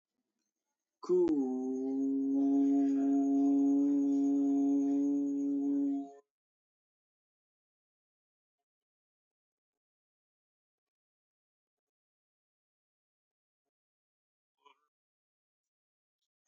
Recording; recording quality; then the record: sustained vowel as in boot; excellent, no background noise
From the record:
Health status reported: healthy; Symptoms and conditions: diabetes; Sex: male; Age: 26 years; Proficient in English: yes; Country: India